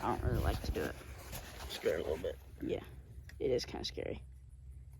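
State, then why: Not seated. A steel foothold trap is being set by hand, with the jaws pressed down so the catch (dog) can be hooked onto the pan notch. Someone talks throughout, with faint handling noise between the words. The trap's catch has not clicked or engaged yet, so the trap is not set.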